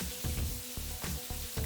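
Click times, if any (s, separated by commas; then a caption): none. A plastic protective case, meant to help keep water off, is wiggled and pushed onto a new LG washer drain pump motor. Rough scraping and rubbing bursts repeat through the clip. Nothing has clicked into place yet.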